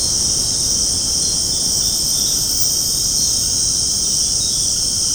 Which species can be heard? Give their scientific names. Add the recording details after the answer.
none. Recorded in secondary vegetation near Puerto Asís, Putumayo, Colombia, on 19 February 2024 at 20:30. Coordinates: 0.489, -76.322. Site G6419